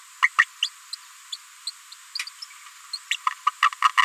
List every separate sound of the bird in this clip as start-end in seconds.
0.22-0.29, 0.38-0.45, 0.62-0.69, 0.93-0.95, 1.32-1.37, 1.67-1.70, 2.93-2.98, 3.11-3.16, 3.27-3.30, 3.46-3.50, 3.84-3.88, 3.97-4.02